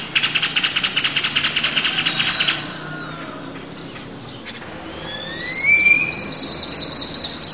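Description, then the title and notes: Great-tailed grackle calls: a rapid rattling series of harsh pulses for about two and a half seconds, then rising whistled notes and a sharp repeated metallic whistle over steady background hum. Several birds recorded in the morning at sunrise in San Cristóbal de Las Casas, Chiapas, Mexico, May 2021, as activity begins. "Zanates grabados por la mañana en San Cristóbal de Las Casas, Chiapas"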